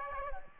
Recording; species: mosquito wingbeat signal from an infrared sensor; Aedes aegypti